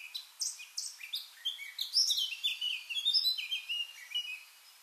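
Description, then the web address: Eurasian blackcap song: a steady, fast warble of jumbled chirps and clear whistled notes sliding up and down throughout. "SETE data Sylvia atricapilla"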